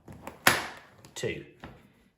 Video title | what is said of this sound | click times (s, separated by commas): Burton Step On 2020 Boots and Binding's full review and set up BY:- Ride Right Waxing | that click you hear a click one two | 0.5 s